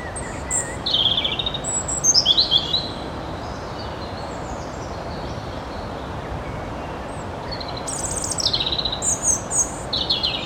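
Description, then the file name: European robin song: high, thin warbled phrases at the start and end with a long quiet gap between, over steady low background noise. "Erithacus rubecula"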